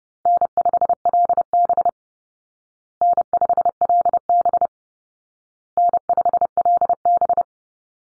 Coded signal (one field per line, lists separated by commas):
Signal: Morse code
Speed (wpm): 30 wpm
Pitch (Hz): 700 Hz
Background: none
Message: N5LB N5LB N5LB